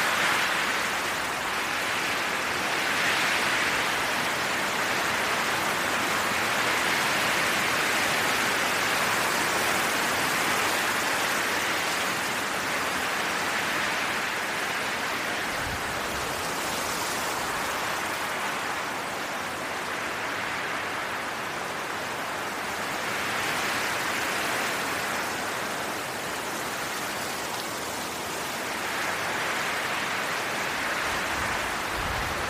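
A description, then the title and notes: Wind rushes steadily through forest trees, a dense, even hiss that never drops away. The sound swells brighter in soft gusts every few seconds, around the third, seventeenth and thirtieth seconds, with faint low rumbles underneath and no distinct single events. Wind and forrest sounds.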